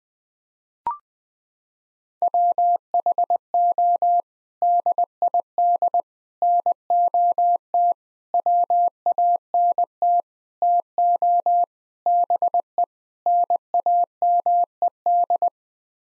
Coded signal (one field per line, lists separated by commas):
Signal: Morse code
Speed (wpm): 20 wpm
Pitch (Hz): 700 Hz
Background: none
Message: WHO DID NOT WANT TO BE NAMED